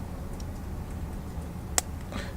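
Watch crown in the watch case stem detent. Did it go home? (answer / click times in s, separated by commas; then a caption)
yes / 1.8 s. The steel winding crown of a black, stainless steel 44mm Panerai Luminor Marina PAM 104 wristwatch on a rubber strap is given a final tug out to its last position, the time-setting detent in the case stem. Over a low steady background hum with a faint tick near 0.4 s, one sharp, bright click sounds at 1.8 s as the crown seats into the hand-setting position.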